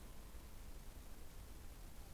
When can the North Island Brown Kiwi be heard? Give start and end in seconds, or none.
none